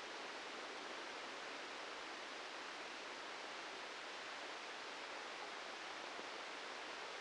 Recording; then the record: brain microelectrode recording played as sound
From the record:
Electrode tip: outside the subthalamic nucleus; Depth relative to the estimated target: -2 mm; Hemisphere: left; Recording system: NeuroSet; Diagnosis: Parkinson's disease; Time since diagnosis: 13 years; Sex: male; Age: 63 years